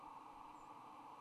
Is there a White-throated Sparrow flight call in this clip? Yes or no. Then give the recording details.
yes. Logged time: 07:25 on 26 November 2014